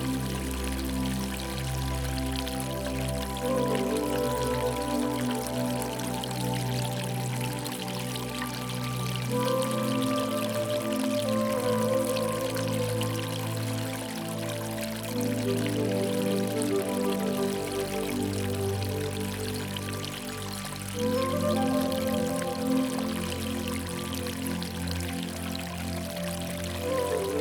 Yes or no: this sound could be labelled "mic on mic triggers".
no